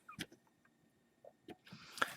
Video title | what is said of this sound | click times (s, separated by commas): Complete Glock Disassembly and Reassembly | and it'll click into place. | 2.0 s